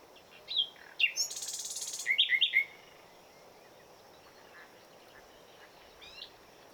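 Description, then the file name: Common nightingale song: a few sharp upslurred chirps, a dry buzzy rattle, then quick rising whistled notes, followed by quiet with faint twitters. "Luscinia megarhynchos"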